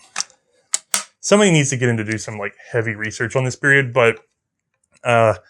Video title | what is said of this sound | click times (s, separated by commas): Primer 083: The Kropatschek Pt.2 Documentary | I have my doubts because this just clicked into place really tightly | 0.7 s, 0.9 s